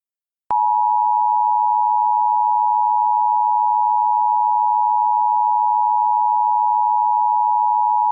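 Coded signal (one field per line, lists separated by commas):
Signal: Emergency Alert System (SAME) tones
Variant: 853 and 960 Hz attention tone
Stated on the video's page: Simulated EAS scenario made with Audacity.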